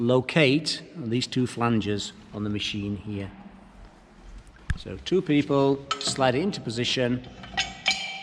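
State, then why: Seated. Someone talks while two people slide a metal turn bar along two flanges on a vacuum lifter, its grooves locating on the flanges. At 7.9 s a sharp click is heard as the spring locking pin drops into a slot on the back of the machine, seating the turn bar.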